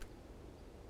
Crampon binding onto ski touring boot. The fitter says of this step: Then you hear this snapping noise.